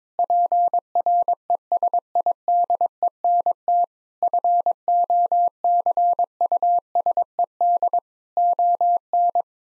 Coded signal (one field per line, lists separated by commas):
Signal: Morse code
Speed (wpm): 22 wpm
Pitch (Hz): 700 Hz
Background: none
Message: PRESIDENT FOCUSED ON